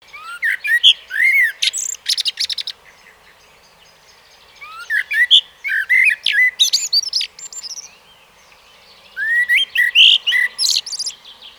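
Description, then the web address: Common blackbird sings three rich phrases of looping fluty whistles, each closing with high, sharp twitters, separated by brief pauses. "SETE data Turdus merula"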